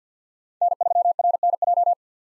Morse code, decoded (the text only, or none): N3RNJ